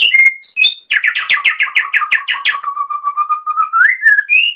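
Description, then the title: Oriental magpie-robin song opening with a few clear whistles, then a quick series of buzzy notes that settles into a low steady run before rising whistles close it. Magpie-robin chirping. "Kicau Kacer"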